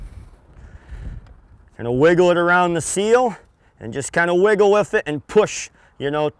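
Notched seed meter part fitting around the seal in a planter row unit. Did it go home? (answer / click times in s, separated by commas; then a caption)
no / none. On a corn planter row unit being converted from corn to soybeans, a notched seed meter part is lined up around the rubber seal, small notch inside and long notch outside, and wiggled and pushed. Faint handling ticks come at about 0.6, 1.3 and 1.7 s, then someone talks for the rest of the clip. Nothing has seated or clicked yet.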